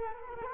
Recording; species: mosquito wingbeat signal from an infrared sensor; Culex quinquefasciatus